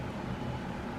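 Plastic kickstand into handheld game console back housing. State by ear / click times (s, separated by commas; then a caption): not seated / none. A worn plastic kickstand on a Nintendo Switch handheld game console is pressed against the back housing to close it, with only a steady, broadband low-frequency noise and no sharp transients heard through the one-second clip. The kickstand does not snap into place, and nothing has clicked.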